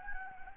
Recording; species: mosquito wingbeat signal from an infrared sensor; Anopheles gambiae